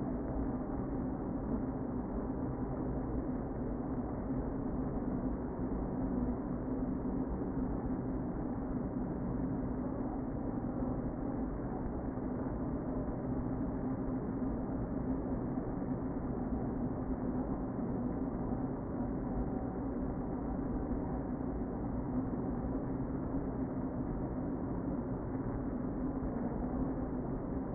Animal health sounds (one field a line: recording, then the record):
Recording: honeybee colony, microphone inside the hive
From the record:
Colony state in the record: queen present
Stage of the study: before two queens were removed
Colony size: about 60,000 bees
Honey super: yes